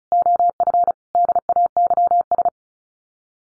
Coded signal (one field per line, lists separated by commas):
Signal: Morse code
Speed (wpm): 34 wpm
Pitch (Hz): 700 Hz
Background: none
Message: OF DAYS